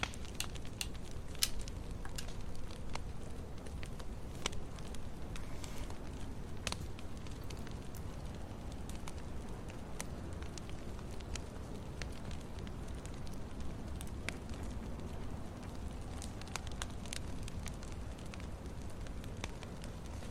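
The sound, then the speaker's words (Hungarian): A campfire crackles steadily for the whole stretch, sharp irregular pops and snaps scattered over a low, constant rushing hiss. No voices are heard. “Egy szál bugyiban a tűz mellett.”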